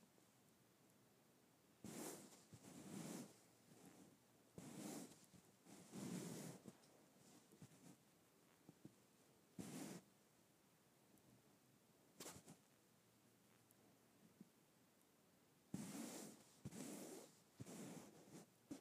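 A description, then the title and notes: Soft brushing and scuffing on a smooth carpet comes in short, irregular bursts, each lasting under a second, with a quiet hush between them. A brief sharp scrape lands near the middle, and the rubbing clusters more densely in the final few seconds. ASMR Smooth Carpet.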